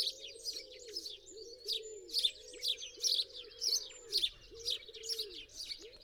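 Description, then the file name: House sparrow giving a quick, irregular series of harsh chirps over soft, repeated low tones. "Passer domesticus"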